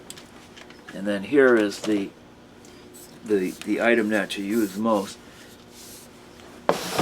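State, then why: Seated. Someone talks while a removable plastic part is pushed into its housing on a Tineco Carpet ONE Smart Carpet Cleaner. A sharp click at 6.7 s marks the part snapping into place, where a small button catch holds it seated.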